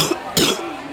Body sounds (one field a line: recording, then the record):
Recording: coughing mixed with background sound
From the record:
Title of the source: Wet coughing